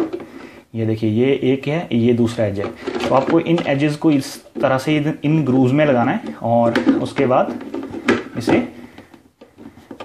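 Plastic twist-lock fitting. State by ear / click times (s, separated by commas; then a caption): seated / 9.9 s, 10.0 s. The plastic inner part of a Kerovit toilet flush valve has its edges set into the grooves of its housing in the cistern and is rotated slightly so it twist-locks into place. Someone talks through most of the clip, then a few small sharp plastic sounds follow, with the locking clicks at 9.9 s and 10.0 s. The part is seated and locked, and it no longer pulls out.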